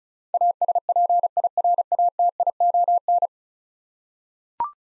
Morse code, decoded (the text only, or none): ASPIRATION